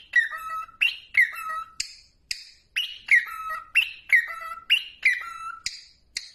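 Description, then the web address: Cockatiel whistling a short phrase of clear notes that step down in pitch, repeated again and again. Cockatiel training recording. "aroos holandi cockatiel-training"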